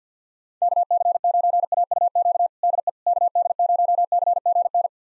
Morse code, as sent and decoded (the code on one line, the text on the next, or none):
-.- -.-. ----. .- ..- --.- / -.. . / -.- -.. ----- -.-. --. -.
KC9AUQ DE KD0CGN